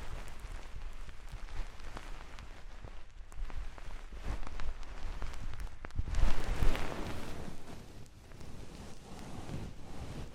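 An ear massage with oil and foam: dense, wet crackling and rubbing, swelling louder around six to seven seconds, with sharp little taps throughout.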